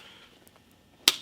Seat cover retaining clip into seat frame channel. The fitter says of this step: there is a snap snap all the way down there we go okay so that's on